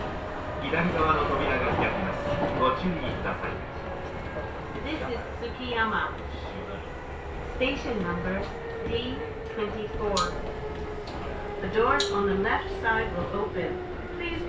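Inside a Kintetsu Osaka Line section semi-express train, people talk steadily over the low, continuous rumble of the carriage. A sustained tone slowly falls in pitch across the clip as the train runs, with short sharp clicks around ten and twelve seconds.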